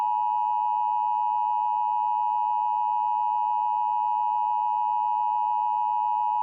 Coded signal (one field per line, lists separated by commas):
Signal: Emergency Alert System (SAME) tones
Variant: 853 and 960 Hz attention tone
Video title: Pennsylvania Emergency Alert System (EAS) Tests - 1/2022